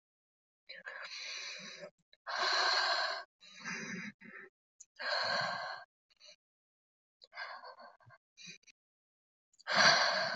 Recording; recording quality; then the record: deep breathing; excellent, no background noise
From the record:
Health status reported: healthy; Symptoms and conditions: sore throat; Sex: female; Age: 20 years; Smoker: not ticked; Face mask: not worn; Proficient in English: yes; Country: India